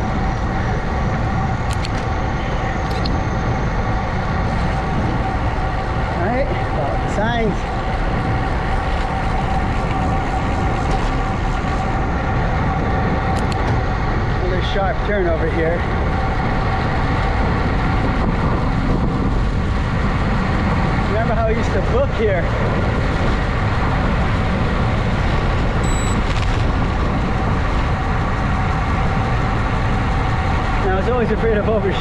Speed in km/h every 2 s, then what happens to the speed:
27, 29, 29, 29, 32, 32, 34, 39, 44, 47, 48, 48, 45, 44, 42, 39.
0-12 steady at about 29. 12-19 speeds up to 48. 19-32 slows to 39.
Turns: 7-10, 22-29.